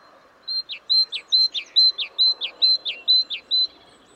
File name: Parus major